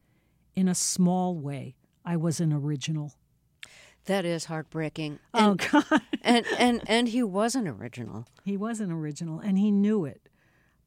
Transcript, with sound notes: In a small way, I was an original.
That is heartbreaking...
Oh, God (laughter).
And he was an original.
He was an original, and he knew it.